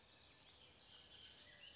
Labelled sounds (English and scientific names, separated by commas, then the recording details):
Bullock's Oriole (Icterus bullockii)
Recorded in Sonoma County, California